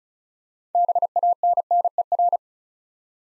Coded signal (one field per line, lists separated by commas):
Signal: Morse code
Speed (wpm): 36 wpm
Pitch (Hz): 700 Hz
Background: none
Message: BANNER